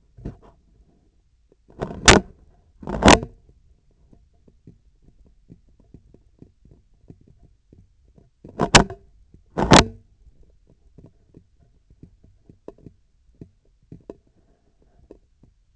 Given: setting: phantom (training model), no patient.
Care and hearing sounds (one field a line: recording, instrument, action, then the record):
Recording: laparoscopic instrument, vibration sensor on the handle end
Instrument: scissors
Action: opening and closing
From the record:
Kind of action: tool actuation without material contact